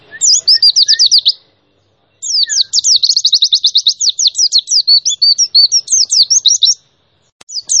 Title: Pleci Gacor. Masteran Pleci Nembak Juara 2021